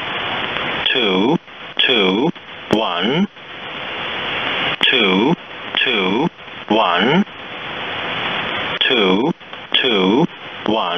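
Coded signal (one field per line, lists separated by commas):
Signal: numbers station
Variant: E07, English male voice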